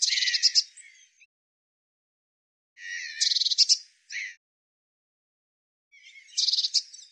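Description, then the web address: Eurasian blue tit giving harsh, buzzy churring bursts, each about one to one and a half seconds long, sometimes with a short trailing note, repeated about every three seconds with silence between. "cianscape birddata Deverinetal 2025 File cleaned normalized Bird Cy Ca"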